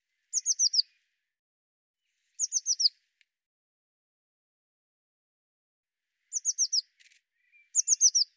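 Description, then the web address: Bird calling in short bursts of four quick, high downslurred notes, each burst repeated every one to four seconds against silence. "cianscape birddata Deverinetal 2025 File cleaned normalized Bird Cy Ca"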